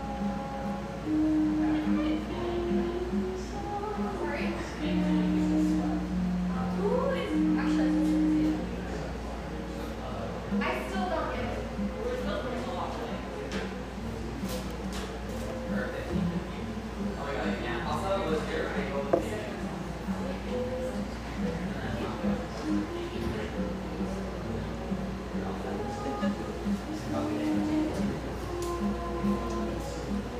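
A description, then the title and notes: Busy cafe interior with overlapping conversation throughout, voices blending into a dense murmur. A steady low hum runs underneath, with a few sustained tones early on and scattered clinks of cups and dishes, one sharp knock near twenty seconds. Grant Park, Portland, Oregon. Our final Portland recording session (for now) takes place in this industrial-aesthetic cafe in Portland's pictureesque Grant Park neighborhood.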